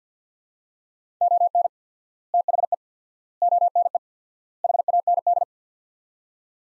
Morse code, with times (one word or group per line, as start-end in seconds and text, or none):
1.2-1.7 ON
2.3-2.7 THE
3.4-4.0 ONE
4.6-5.4 HAND